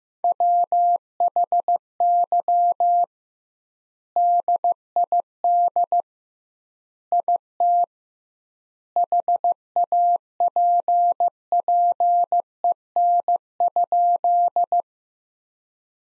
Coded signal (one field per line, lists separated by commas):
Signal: Morse code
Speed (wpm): 16 wpm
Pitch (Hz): 700 Hz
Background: none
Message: WHY DID IT HAPPEN?